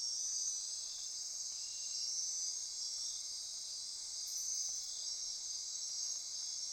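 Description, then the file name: Insect chorus, an even shrill ringing with layered trills and a faint lower buzz early on, plus a brief very high chirp. Insect chorus at midnight near Corcovado. "Wind-is-the-Original-Radio-Fridays 20240628 Andy-Martin Midnight-Insect-Chorus-Near-Corcovado"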